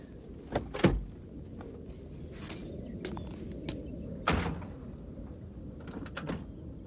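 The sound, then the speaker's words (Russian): A policeman gets out of a car and opens its rear door: it clunks open with a sharp latch click, followed by a few lighter knocks and another solid thump, over a steady low rumble with no talking. “Выйдя, полицейский оглядывается. Приоткрыв заднюю дверь, идет прочь от машины.”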